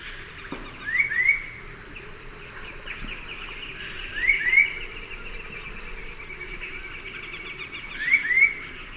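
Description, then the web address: Citron-bellied Attila calls: paired short upslurred whistles, the pair repeated about every three and a half seconds over a steady hiss of insects. Recorded in the eastern lowlands of South America. "Natures Songs S America Eastern Lowlands. Citron-bellied Attila"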